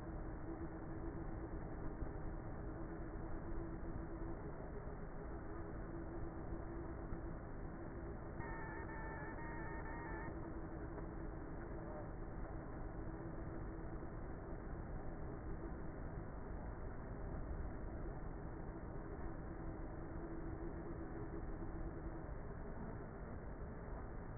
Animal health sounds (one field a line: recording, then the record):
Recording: honeybee colony, microphone inside the hive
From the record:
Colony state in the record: queenless with a low population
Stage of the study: before two queens were removed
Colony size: about 30,000 bees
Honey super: no